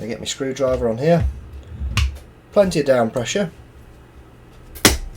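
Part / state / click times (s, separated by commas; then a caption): rounded Allen screw in an airsoft gun part / released / 4.9 s. A Torx bit hammered into a rounded Allen screw head in an airsoft gun part is turned with a screwdriver under heavy down pressure while someone talks. A faint tap sounds at about 2.0 s, then at 4.9 s the threadlocker bond breaks with a sharp snap and the screw comes loose.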